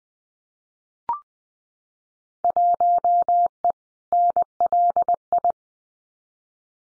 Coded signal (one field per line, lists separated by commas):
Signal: Morse code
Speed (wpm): 20 wpm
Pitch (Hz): 700 Hz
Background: none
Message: 1E NLI